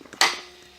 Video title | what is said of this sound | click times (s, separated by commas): UberScoot 2x 2 Speed Scooter Assembly | and you'll notice those will lock into place and then | 0.2 s